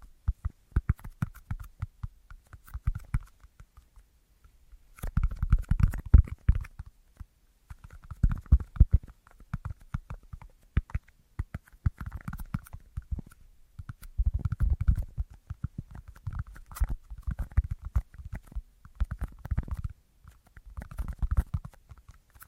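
Quick tapping in uneven bursts, a pattering of close, light knocks that cluster for a second or two and then pause. The taps are mostly low and dull with a faint brighter click on top, and a quiet gap falls around the fourth second.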